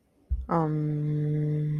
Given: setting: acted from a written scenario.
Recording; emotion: vocal sound without words; serenity